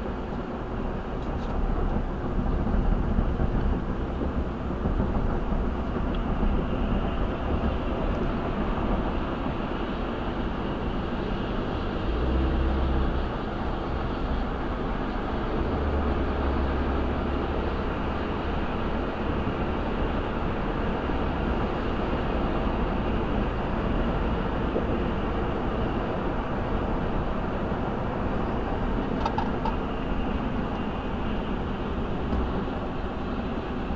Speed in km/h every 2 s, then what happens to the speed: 90, 93, 95, 95, 100, 103, 105, 106, 111, 113, 114, 118, 119, 116, 106, 98, 95.
0-22 speeds up to 118. 22-27 steady at about 118. 27-34 brakes to 95.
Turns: none.